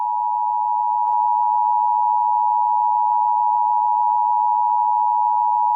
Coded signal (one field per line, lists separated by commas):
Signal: Emergency Alert System (SAME) tones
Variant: 853 and 960 Hz attention tone